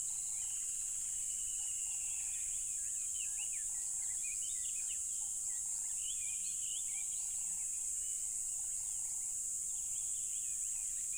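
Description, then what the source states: Crickets sustain a dense high hiss-like chorus; birds chirp and whistle, and short low hoots recur often. Loud crickets at a tropical river.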